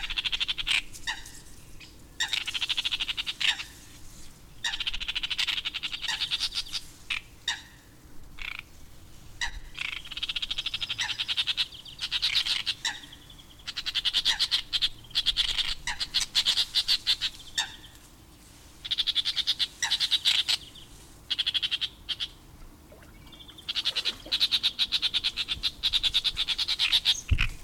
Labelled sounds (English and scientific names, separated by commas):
Great Reed Warbler (Acrocephalus arundinaceus)